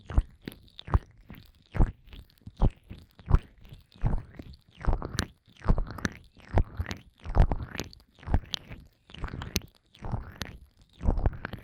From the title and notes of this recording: ASMR Fast & Intense Ear Massage wCream (No Talking).